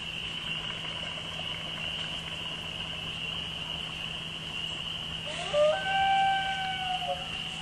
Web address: nature Loon Peepers